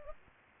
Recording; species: mosquito wingbeat signal from an infrared sensor; Culex pipiens